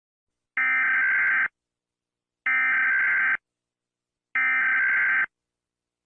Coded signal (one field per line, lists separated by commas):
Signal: Emergency Alert System (SAME) tones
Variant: header bursts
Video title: Rating eas alarms part 1